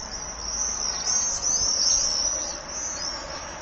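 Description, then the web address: Common swift screaming, a continuous shrill, high-pitched trilling with wavering pitch that swells and fades. "Common swift. صدای-پرنده-بادخورک-معمولی"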